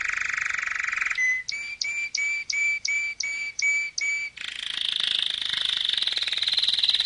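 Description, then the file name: Canary singing a low rolling trill, then a string of bright whistled notes repeated about three times a second, then a high rapid warbling roll. "Canary Voice"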